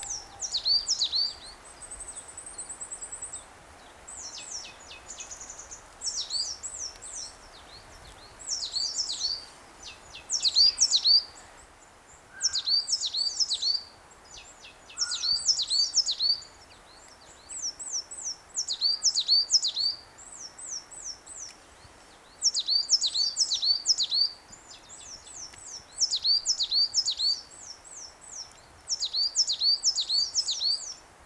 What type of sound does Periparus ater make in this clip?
song